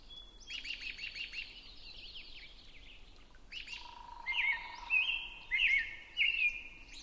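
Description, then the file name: Robin song: after a burst of rapid notes, a series of four clear slurred whistled phrases, rising and falling, follows in quick succession over a steady tone. Recorded at 6 am on 20 June 2005. "jh-050620-6 am-robin"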